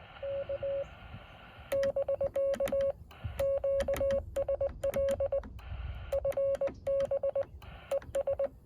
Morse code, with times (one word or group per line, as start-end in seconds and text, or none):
0.2-0.8 K
1.7-2.9 <BK>
3.4-5.4 QSL
6.1-7.4 FB
7.9-8.5 ES